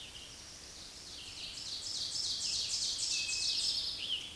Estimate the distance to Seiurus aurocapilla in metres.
about 25 m